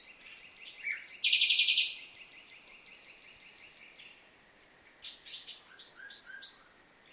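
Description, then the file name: Common nightingale song, a loud dense trill of rapid repeated notes followed by pauses and scattered sharp whistled chirps. "Luscinia megarhynchos"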